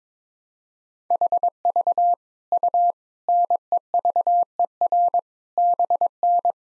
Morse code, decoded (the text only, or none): HV U NEVER BN